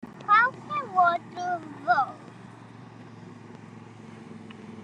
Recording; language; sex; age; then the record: spoken sentence; Brazilian Portuguese; female; 60 to 69 years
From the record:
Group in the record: control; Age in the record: 64 years